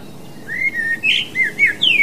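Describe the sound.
Common blackbird giving a short run of clear, flute-like whistled notes.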